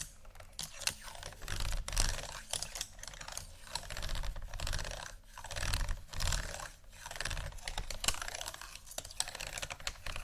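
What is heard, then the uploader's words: Beads and pearls clatter and click in dense, shifting handfuls, swelling and fading in waves with brief pauses near five, seven and nine seconds. ASMR Beads And Pearls（No Talking）.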